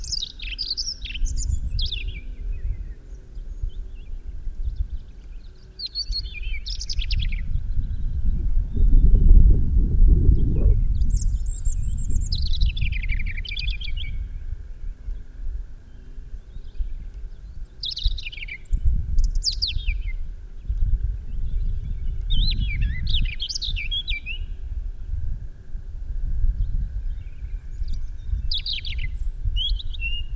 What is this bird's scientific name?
Erithacus rubecula